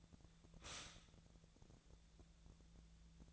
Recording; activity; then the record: daily activity, microphone in the room; stop toaster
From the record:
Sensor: 3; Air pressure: 1000.2 hPa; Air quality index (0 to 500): 153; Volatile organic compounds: 3 ppm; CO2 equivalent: 1352 ppm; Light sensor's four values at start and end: 37/95/40/43 and 37/95/40/43